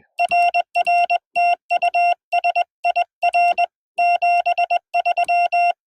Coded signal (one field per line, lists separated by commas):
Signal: Morse code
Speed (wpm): 21 wpm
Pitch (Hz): 700 Hz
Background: none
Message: RR TU SIR 73